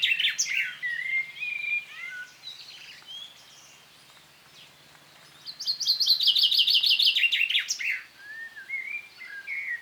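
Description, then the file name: Common chaffinch singing: high chirping phrases, then a loud, rattling, descending trill that ends in a flourish, followed by a few more notes. "Fringilla coelebs"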